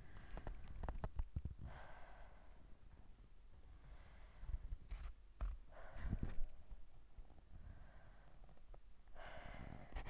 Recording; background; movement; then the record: deep breathing; quiet; sitting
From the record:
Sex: female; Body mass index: 22.6 kg/m2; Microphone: on the chest, facing outward